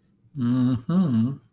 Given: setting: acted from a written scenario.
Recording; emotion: vocal sound without words; desire